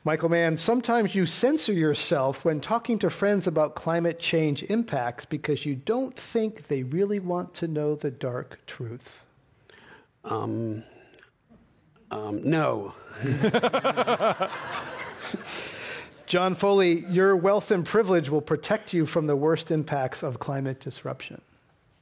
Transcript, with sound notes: Michael Mann. Sometimes you censor yourself when talking to friends about climate change impacts because you don't think they really want to know the dark truth?
No.
[Laughter]
John Foley. Your wealth and privilege will protect you from the worst impacts of climate disruption?